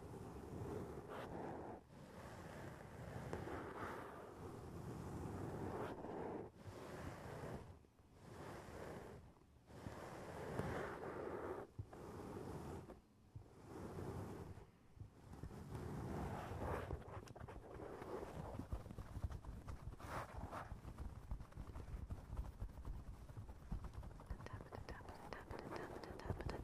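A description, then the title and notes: Fingers tap on a foam roof in a dense, rustling patter, with a rushing, windy hiss underneath. The tapping thins out in short lulls around 2, 8 and 14 seconds, then after about 16 seconds becomes a steady, rapid, busier flurry to the end. Tapping on the roof of your foam house.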